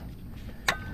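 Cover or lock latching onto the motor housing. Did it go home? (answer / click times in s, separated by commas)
yes / 0.7 s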